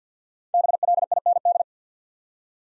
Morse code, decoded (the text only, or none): BLIND